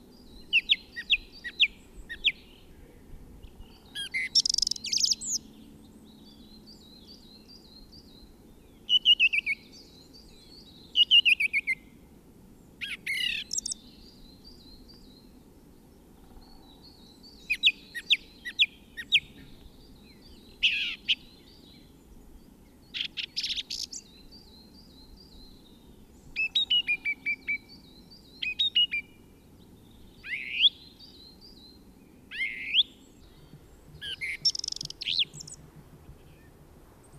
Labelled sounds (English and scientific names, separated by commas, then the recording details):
Song Thrush (Turdus philomelos) song
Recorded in the wild
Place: DE
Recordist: Tretzel, Erwin